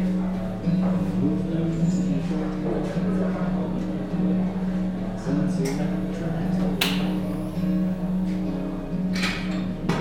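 Sitting in a café: a steady low hum runs under murmured voices, with sharp clinks and knocks at about 7 and 9 seconds.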